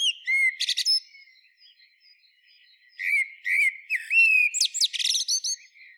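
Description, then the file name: Common blackbird song: mellow whistled phrases, each ending in high squeaky twittering bursts, two phrases separated by a pause of about two seconds. "Turdus merula"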